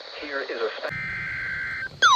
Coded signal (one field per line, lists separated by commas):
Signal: Emergency Alert System (SAME) tones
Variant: header bursts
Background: speech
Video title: EAS Alerts From 7/30/24: A Compilation (EAS 225-237)